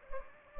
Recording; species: mosquito wingbeat signal from an infrared sensor; Anopheles gambiae